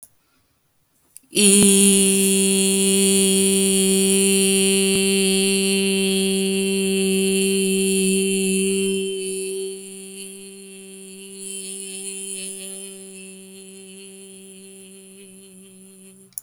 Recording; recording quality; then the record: sustained vowel as in beet; excellent, no background noise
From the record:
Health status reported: healthy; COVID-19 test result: not tested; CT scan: not taken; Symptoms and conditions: none ticked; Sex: female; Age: 31 years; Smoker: no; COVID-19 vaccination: none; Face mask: not worn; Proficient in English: yes